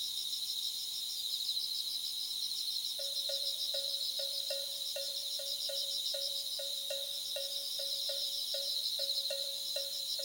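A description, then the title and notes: Thousands of insects fill the air with a dense, unbroken, high-pitched shrill that holds steady throughout, with a fast pulsing flutter inside it. About three seconds in, a lower, clipped chirp joins and repeats evenly, roughly twice a second, until the end. Thousands of insects. Nature Sound Effect : miduno.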